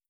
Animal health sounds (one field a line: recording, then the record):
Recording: hydrophone in a shrimp aquaculture tank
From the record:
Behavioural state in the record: starved